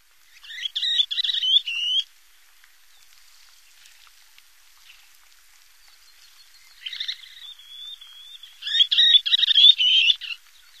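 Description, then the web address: Least sandpiper rapid, high trilled call bursts, a flurry of about one and a half seconds, a quiet gap, then a wavering trill and another burst of excited notes. "Songs of Birds of North America Stokes. Least Sandpiper"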